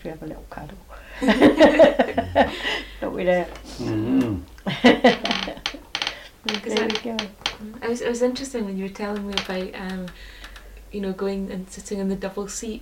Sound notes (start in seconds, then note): 1.1 laughs; 4.4 laughs